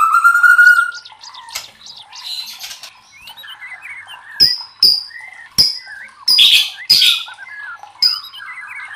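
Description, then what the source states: White-rumped shama song beginning with a clear, sustained whistle, then varied chattering phrases punctuated by loud, sharp, clipped notes and harsh bursts. Masteran training recording for cage birds; murai batu labaik.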